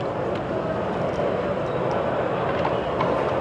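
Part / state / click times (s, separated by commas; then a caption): handgun into a concealment holster / not seated / none. A handgun is being moved into a custom hand-made concealment holster, and nothing has seated or clicked yet. Only a steady, even broadband rumble is heard, with no sharp snap or other sudden sound throughout the clip.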